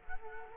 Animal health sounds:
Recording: mosquito wingbeat signal from an infrared sensor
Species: Culex quinquefasciatus

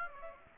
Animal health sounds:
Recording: mosquito wingbeat signal from an infrared sensor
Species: Aedes aegypti

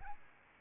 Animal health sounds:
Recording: mosquito wingbeat signal from an infrared sensor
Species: Aedes albopictus

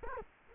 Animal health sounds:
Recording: mosquito wingbeat signal from an infrared sensor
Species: Culex quinquefasciatus

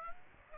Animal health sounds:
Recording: mosquito wingbeat signal from an infrared sensor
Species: Aedes aegypti

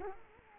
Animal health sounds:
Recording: mosquito wingbeat signal from an infrared sensor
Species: Culex quinquefasciatus

